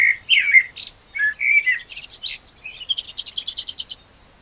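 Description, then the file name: Common blackbird song: a burst of rich whistled warbles sliding up and down, then a quick even string of high, dry repeated notes. "Turdus merula"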